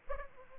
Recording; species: mosquito wingbeat signal from an infrared sensor; Aedes aegypti